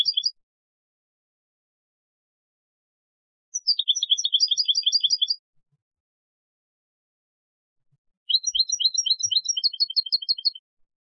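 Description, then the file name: European goldfinch calls: bursts of rapid, high twittering notes, the end of one at the start and then two full ones of around two seconds each, spaced by silent stretches of a few seconds. "Carduelis carduelis"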